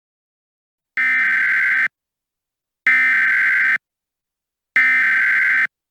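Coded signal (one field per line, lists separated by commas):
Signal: Emergency Alert System (SAME) tones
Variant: header bursts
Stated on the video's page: Fake EAS scenario made with Audacity; simulated, not a real alert.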